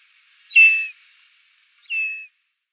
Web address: Schulze Peter Short-toed Eagle